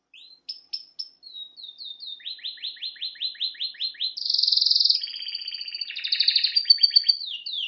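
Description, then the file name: Canary song opening with sharp separate chips, then a series of repeated slurred notes, followed by dense buzzy rolls and rattling trills. "Canary Voice"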